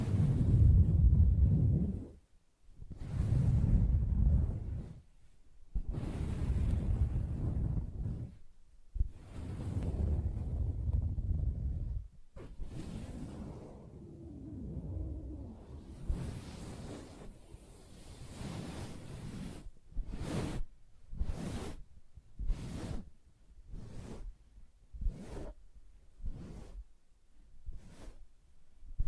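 Soft fabric being scratched in long low rubbing strokes, then tapped in quick regular bursts over the last ten seconds, each brief and muffled.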